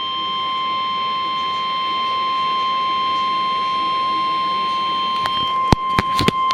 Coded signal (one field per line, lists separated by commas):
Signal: Emergency Alert System (SAME) tones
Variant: 1050 Hz attention tone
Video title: Severe Thunderstorm Warning (EAS #166)